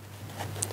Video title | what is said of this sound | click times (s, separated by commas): Unboxing and first print out of the Sovol sv06 3d printer | kind of push it down it locks into place and | 0.6 s